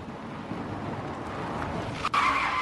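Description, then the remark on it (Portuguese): A car rolls along with a steady, broad road-and-engine rumble, then a sharp click gives way to a high, whining brake squeal as it slows to a stop, pulling in to park at a roadside motel. “Estacionei meu carro e me dirigi até o escritório.”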